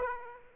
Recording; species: mosquito wingbeat signal from an infrared sensor; Aedes aegypti